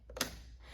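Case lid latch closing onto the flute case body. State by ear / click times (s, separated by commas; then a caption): seated / 0.2 s. The lid of a flute case is rested down and closed onto the case body, and the case latch clicks shut easily at 0.2 s with a bright, sharp click. A faint tick comes just before it, at 0.1 s, and a low, steady hum runs underneath throughout.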